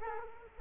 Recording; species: mosquito wingbeat signal from an infrared sensor; Culex quinquefasciatus